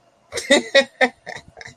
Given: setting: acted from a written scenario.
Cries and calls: vocal sound without words; amusement

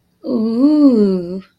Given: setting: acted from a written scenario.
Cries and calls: vocal sound without words; desire

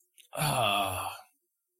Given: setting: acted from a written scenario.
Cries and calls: vocal sound without words; disappointment

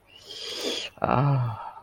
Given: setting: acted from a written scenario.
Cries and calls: vocal sound without words; desire

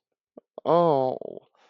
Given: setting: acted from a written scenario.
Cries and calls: vocal sound without words; sadness

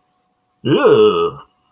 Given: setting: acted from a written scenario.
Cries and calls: vocal sound without words; negative surprise

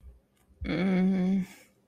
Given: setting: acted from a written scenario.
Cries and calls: vocal sound without words; shame

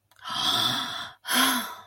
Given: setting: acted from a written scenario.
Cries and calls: vocal sound without words; awe

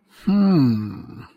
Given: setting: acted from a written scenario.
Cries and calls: vocal sound without words; interest

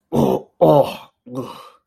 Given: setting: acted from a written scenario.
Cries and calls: vocal sound without words; disgust

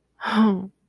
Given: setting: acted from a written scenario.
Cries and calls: vocal sound without words; disappointment

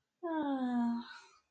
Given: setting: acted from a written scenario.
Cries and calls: vocal sound without words; romantic love

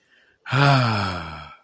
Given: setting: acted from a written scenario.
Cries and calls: vocal sound without words; elation

